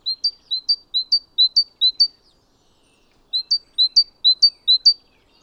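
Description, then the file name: Great tit song in two runs of repeated two-note phrases, each a slurred lower note and a sharp higher one, with a short pause between runs. "Parus major"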